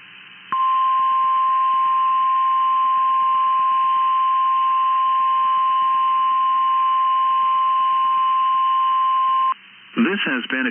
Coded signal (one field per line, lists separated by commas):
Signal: Emergency Alert System (SAME) tones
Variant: 1050 Hz attention tone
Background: speech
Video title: 2/8/23 BOX RWT On KEC73 EAS#319